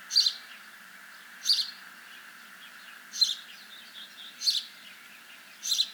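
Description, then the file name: House sparrow giving five sharp chirps, with a few softer twittering notes between. "Passer domesticus"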